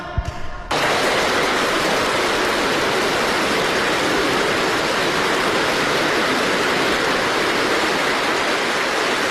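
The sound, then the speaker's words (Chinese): Warm applause as Xi Jinping receives all delegates of the Eighth Party Congress of the Academy of Military Sciences: loud, sustained applause from a large crowd begins after a brief moment and continues steadily as a dense, even wash of clapping with no voices standing out. “在热烈的掌声中，习近平亲切接见了军事科学院第八次党代会全体代表，同大家合影留念。”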